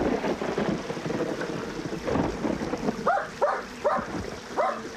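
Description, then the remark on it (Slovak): A dog by a stream lets out four short, mid-pitched barks in a steady rhythm, rising over a constant rumbling wash of noise that fills the first few seconds alone. “Psíče, avo, havino. No preskoč potok.”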